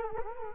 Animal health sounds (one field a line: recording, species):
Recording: mosquito wingbeat signal from an infrared sensor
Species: Culex quinquefasciatus